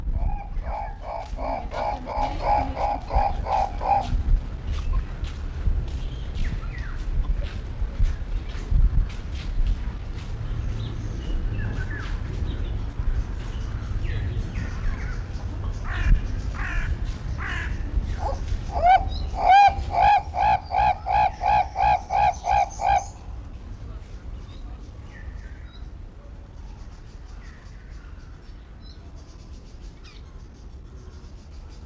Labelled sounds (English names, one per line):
Guinea Turaco call